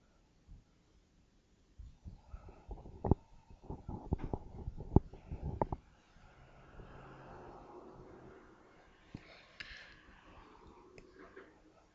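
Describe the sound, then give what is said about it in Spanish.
A slow, deep breath drawn out over several seconds as a soft, steady airy rush, preceded by a flurry of sharp clicks and handling noises; the last breath of a guided breathing series during a meditation session. “Y hacemos nuestra última respiración de esta serie.”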